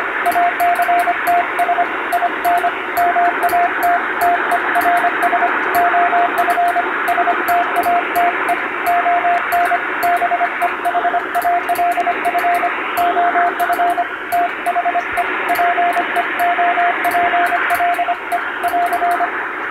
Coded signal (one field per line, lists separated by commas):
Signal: Morse code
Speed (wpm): 25 wpm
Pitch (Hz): 700 Hz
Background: radio noise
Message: ACTS IN MATTERS OF STATE ON BEHALF OF THE PEOPLE <AR>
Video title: ノイズに埋もれるモールス符号を受信してみよう！昔なつかしい短波の雑音に埋もれていたＣＷを聞いて昭和を思い出そう！ハムの受信練習にも(morse practice for radio operator)